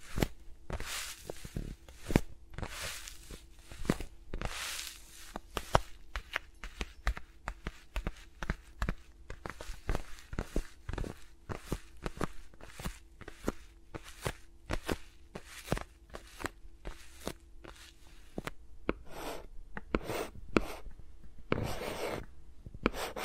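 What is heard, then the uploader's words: Fingers tap, rub and brush around microphones, with no speech. Sharp clicks and soft taps come in quick, uneven bursts, broken by a few longer scratchy swishes near the start and around 21 seconds, over a faint steady low hum. ASMR with Mics Around My Fingers (No Talking).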